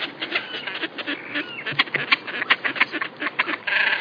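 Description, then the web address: Great crested grebe calls, rapid harsh clicking notes in a steady stream, ending in a louder rattling burst. "allan-kierulff Toppet-lappedykker"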